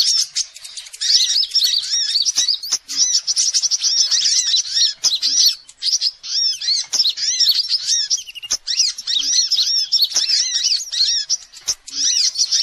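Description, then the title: Spiderhunter song: continuous high, chattering phrases of quick arched notes with brief dips and scattered sharp ticks. Song used as masteran training material. "Sogok Ontong Labaik"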